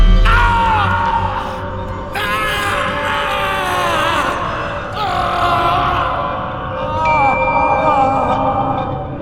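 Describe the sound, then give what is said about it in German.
A man's deafening scream of pain, surprise and rage, raw and strained, wavering in pitch through several long, unbroken cries with no other talk. “Kaum hatte Ramon Pavlovich den Hörer aufgelegt, hörte er wieder den Schrei.”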